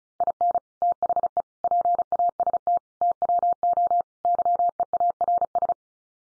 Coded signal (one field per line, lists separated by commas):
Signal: Morse code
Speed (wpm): 34 wpm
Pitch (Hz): 700 Hz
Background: none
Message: IN THE PAST TWO YEARS